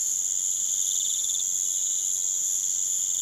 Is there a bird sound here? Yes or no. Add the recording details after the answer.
no. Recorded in pastures near Puerto Asís, Putumayo, Colombia, on 30 June 2025 at 02:00. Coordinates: 0.486, -76.323. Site H29